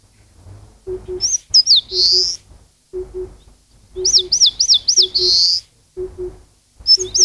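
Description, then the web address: Eastern crowned warbler song: high slurred wavering notes ending in a drawn-out buzzy note, two phrases and the start of a third, with soft paired low hooting notes repeating every second or so beneath. "sikioto. sendaimushikui"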